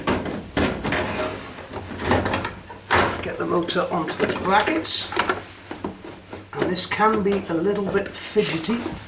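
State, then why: Not seated. A White Knight tumble dryer's motor and fan assembly is slid over and lined up onto the chassis mounting brackets. Knocks and scrapes are heard as it is handled while someone talks. Nothing has seated or clicked yet; it has not been locked home.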